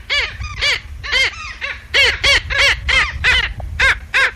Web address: cantos rayador